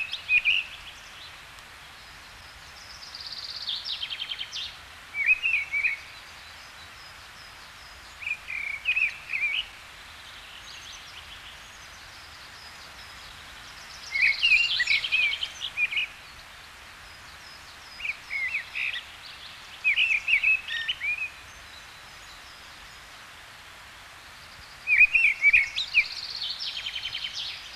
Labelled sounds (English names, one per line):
Mistle Thrush song